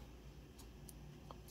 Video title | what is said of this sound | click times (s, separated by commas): Miniware ES15 Teardown - Maintenance | Ayun o, naglalak siya guys. Ayun o, nakalock na. | 0.9 s, 1.3 s